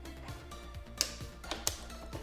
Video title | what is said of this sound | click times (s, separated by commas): Caroma E22 Pro Electric Scooter | and it looks like all we have to do is take the two handlebars and slide them into place this little button is going to go into the hole and snap right in | 1.0 s, 1.7 s